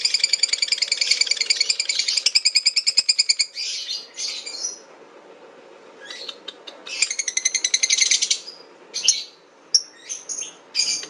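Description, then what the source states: Lovebird chattering in bursts: a fast rattling run, a pause, another rapid burst, then scattered short squeaky chips. Lutino lovebird giving the ngekek chattering call; recording used for training birds.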